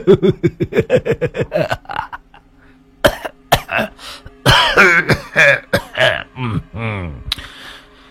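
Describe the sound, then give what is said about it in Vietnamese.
A rapid run of short, rhythmic vocal bursts like chortling coughs, followed by harsh, loud throat clearing and heavy hacking coughs, with a low steady hum underneath. “Dạo này sức khỏe không tốt, cớ làm sao mà hay ho thế.”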